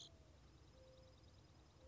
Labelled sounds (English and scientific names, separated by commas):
Mourning Dove (Zenaida macroura)